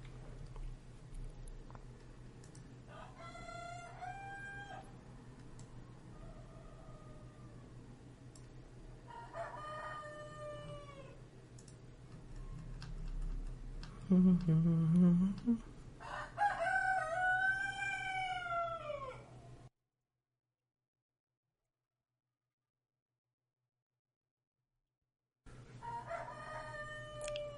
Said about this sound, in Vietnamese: Trời còn chưa sáng, những tiếng gà gáy đã trầm bổng vang lên.